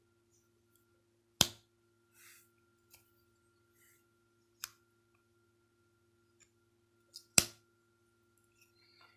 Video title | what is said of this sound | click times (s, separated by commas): Oil your knives!!! | You can hear that snap That's a good thing. | 1.4 s, 7.4 s